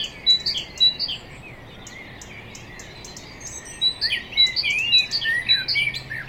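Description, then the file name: Common blackbird, bursts of high chirping and warbled notes at the start and again from about four seconds to the end, quieter in between. "Turdus merula"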